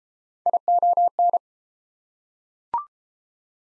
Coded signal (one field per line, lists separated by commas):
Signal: Morse code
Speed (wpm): 31 wpm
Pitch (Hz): 700 Hz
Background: none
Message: ION